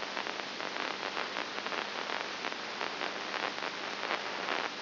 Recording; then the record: brain microelectrode recording played as sound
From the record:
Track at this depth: inside the subthalamic nucleus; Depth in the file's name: 5.9 mm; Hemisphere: right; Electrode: 2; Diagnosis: Parkinson's disease